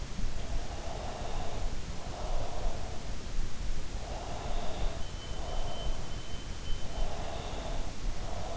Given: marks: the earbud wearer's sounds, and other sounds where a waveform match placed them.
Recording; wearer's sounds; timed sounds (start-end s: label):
sounds in sleep by an in-ear microphone; breath
0.29-2.79 s: breath
4.10-6.01 s: breath
7.19-8.56 s: breath